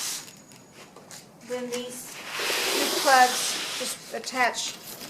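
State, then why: Not seated. A plastic clip is being handled at a drilled hole in the poly-pipe ring of a DIY solar pool ring. Someone talks, and two faint sharp ticks come near 1.0 and 1.1 seconds along with some hissy rustling. Nothing has seated or clicked yet.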